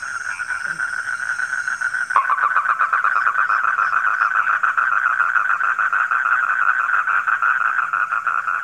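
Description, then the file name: Frogs croaking in a dense chorus: after a brief steady hum, rapid pulsed calls start abruptly and continue unbroken, layered and evenly loud throughout. Frogs calling at night. "suara kodok di malam hari"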